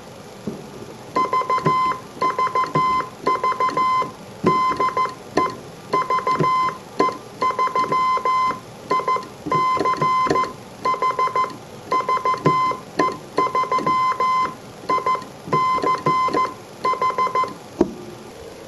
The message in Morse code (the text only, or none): VVV DE VE3ICH VE3ICH